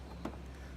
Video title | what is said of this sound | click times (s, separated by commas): How to attach hose accessory to Hoover steam vac carpet cleaner | it in like that till it snaps so it's like that that's | 0.3 s